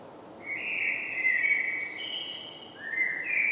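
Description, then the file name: Common blackbird giving a smooth, fluty warbled phrase, followed after a short pause by another mellow note rising into a higher squeaky flourish. "Turdus merula"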